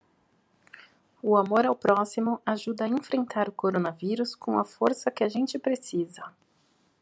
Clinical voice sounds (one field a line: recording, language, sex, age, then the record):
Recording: spoken sentence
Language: Brazilian Portuguese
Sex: female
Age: 30 to 39 years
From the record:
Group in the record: control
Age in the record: 37 years